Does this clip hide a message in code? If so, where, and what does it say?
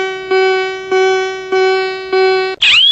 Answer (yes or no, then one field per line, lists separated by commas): no